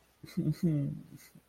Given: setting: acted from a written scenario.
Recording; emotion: vocal sound without words; sadness